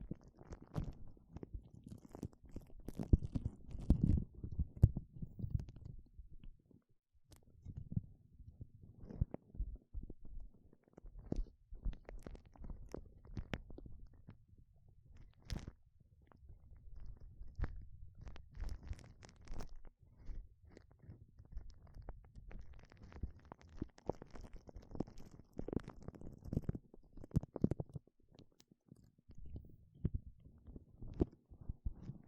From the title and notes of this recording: 5 different GLOVES Sounds. (No Talking).